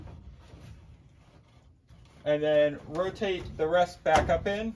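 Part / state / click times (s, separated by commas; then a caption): water panel into whole-house humidifier housing / not seated / none. The bottom of a plastic-framed Aprilaire water panel is fitted onto the drain hole and lined up before being rotated up into a whole-house humidifier housing; lining up the drain keeps water from leaking onto the floor. Quiet handling noise is followed by a faint bump at about 2.0 s, and then someone talks. Nothing has clicked into place yet.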